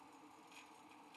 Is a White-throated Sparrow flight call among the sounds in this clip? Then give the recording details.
no. No flight call is heard. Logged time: 04:55 on 5 December 2014